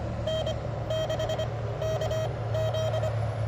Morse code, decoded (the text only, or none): N6KZ